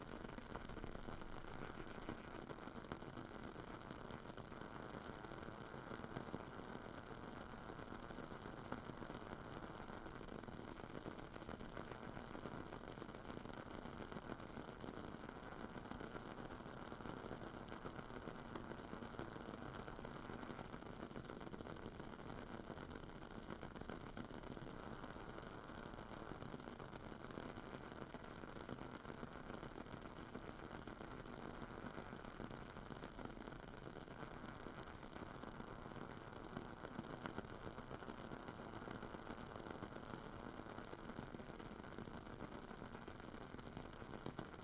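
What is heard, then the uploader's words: A wooden-wick candle crackles in a steady, dense patter of tiny pops over a low, even rumble that never lets up. ASMR Crackling Woodwick Candle (No Talking).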